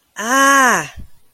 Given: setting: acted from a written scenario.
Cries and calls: vocal sound without words; embarrassment

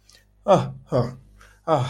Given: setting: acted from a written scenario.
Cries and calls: vocal sound without words; relief

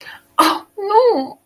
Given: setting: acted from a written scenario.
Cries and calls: vocal sound without words; sadness

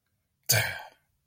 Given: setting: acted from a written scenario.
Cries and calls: vocal sound without words; disappointment

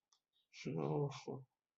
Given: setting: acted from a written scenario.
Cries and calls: vocal sound without words; shame

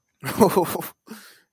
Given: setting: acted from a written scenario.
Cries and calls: vocal sound without words; amusement

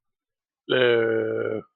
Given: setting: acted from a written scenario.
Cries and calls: vocal sound without words; embarrassment

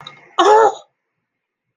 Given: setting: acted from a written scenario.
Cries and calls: vocal sound without words; elation

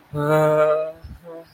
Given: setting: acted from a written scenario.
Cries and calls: vocal sound without words; awe

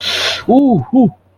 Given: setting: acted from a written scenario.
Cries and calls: vocal sound without words; pain

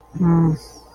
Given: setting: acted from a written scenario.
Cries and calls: vocal sound without words; contempt

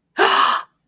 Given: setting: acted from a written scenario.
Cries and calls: vocal sound without words; positive surprise

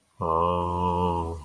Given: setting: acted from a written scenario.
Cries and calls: vocal sound without words; awe

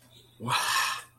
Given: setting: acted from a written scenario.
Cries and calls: vocal sound without words; contempt

